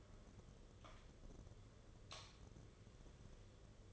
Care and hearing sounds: daily activity, microphone in the room; light on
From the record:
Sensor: 4

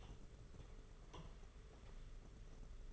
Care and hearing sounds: daily activity, microphone in the room; open door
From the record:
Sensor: 4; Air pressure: 992.3 hPa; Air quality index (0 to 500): 113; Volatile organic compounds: 22 ppm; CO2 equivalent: 2739 ppm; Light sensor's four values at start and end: 21/73/26/28 and 20/71/26/27

